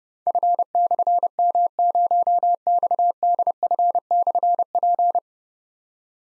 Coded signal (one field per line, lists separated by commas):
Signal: Morse code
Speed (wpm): 30 wpm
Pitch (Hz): 700 Hz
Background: none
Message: F/M0XDF/P